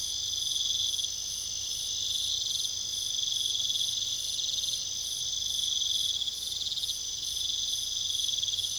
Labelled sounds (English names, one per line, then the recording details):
none
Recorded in pastures near Puerto Asís, Putumayo, Colombia, on 21 December 2024 at 21:00
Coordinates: 0.486, -76.323
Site GP01